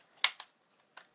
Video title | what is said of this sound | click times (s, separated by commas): BB gun rifle review | BB pops into place | 0.2 s